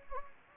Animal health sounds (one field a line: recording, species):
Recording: mosquito wingbeat signal from an infrared sensor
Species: Anopheles gambiae